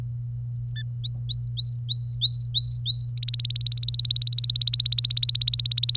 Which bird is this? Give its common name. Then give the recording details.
Domestic Canary. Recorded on 25 April 2018 at 07:14. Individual llb3